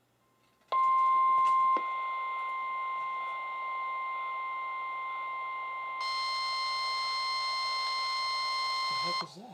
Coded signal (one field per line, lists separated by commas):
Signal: Emergency Alert System (SAME) tones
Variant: 1050 Hz attention tone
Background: speech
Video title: EAS #123-#124: 1050HZ Gale Warnings | KHB36